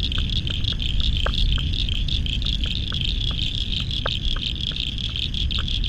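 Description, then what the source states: Frog chorus of short pips and knocks scattered across a dense, steady high trill, with a heavy low rumble beneath. Spring frog chorus at dusk beside the South Pacific Ocean, Royal National Park, Australia, November 2015.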